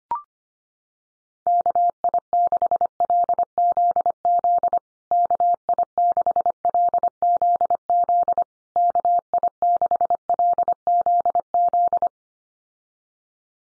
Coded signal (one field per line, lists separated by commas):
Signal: Morse code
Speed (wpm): 25 wpm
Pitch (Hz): 700 Hz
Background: none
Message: KI6LZZ KI6LZZ KI6LZZ